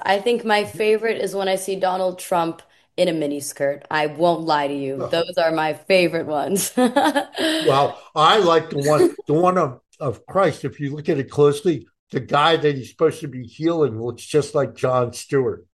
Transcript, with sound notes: I think my favorite is when I see Donald Trump in a miniskirt, I won't lie to you.
Oh. (laughs)
Those are my favorite ones. (laughs)
Well, I like the one, the one of, of Christ, if you look at it closely, the guy that He's supposed to be healing looks just like Jon Stewart.